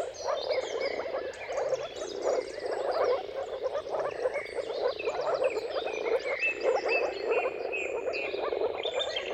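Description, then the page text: Continuous chorus of moor frogs with low gurgling calls from many individuals, overlaid by sporadic bird whistles and chirps. Mating calls of moor frogs in a chorus at sunrise, at the turn of March and April depending on the weather. "earth-fm Jakub-Orzecki moor frogs. Dawn’s Chorus: Mating Calls of Marsh Frogs at Sunrise. Depending on the weather at the turn of March and April, you can witness an amazing spectacle of moor frogs"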